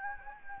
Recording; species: mosquito wingbeat signal from an infrared sensor; Anopheles gambiae